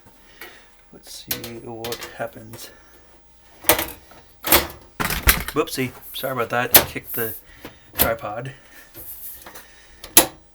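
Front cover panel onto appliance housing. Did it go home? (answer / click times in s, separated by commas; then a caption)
yes / 10.2 s. Someone talks while refitting the front cover panel onto an appliance housing before restoring power, with several sharp knocks and bumps along the way. The panel snaps into position with one sharp click at 10.2 s and is seated.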